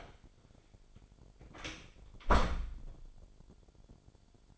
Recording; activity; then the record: daily activity, microphone in the room; close door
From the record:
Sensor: 5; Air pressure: 1007.4 hPa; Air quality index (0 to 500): 160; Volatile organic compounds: 4 ppm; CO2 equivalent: 1538 ppm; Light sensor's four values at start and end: 57/161/63/63 and 58/163/63/64